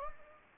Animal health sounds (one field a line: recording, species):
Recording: mosquito wingbeat signal from an infrared sensor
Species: Anopheles gambiae